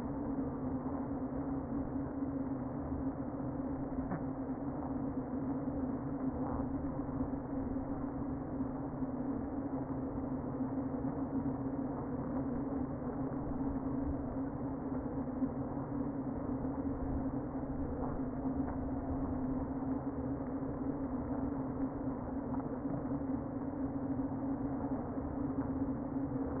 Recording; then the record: honeybee colony, microphone inside the hive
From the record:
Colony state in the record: queen present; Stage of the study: before two queens were removed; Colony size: about 60,000 bees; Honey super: yes